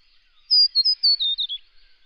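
Scarlet honeyeater giving a short, sweet phrase of six or seven high, clear notes that step gradually lower.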